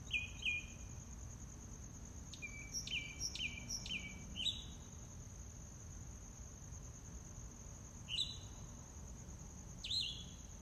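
Mockingbird song: assorted short phrases, including a burst of repeated downslurred notes, separated by pauses, with a constant high insect tone.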